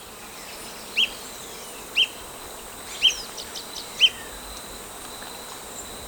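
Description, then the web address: Olive-chested flycatcher giving sharp, high chip notes about once a second, four in a row, over a steady insect drone with faint other bird notes. Recorded in Ecuador. "S America Birds of Ecuador. Olive-Chested Flycatcher"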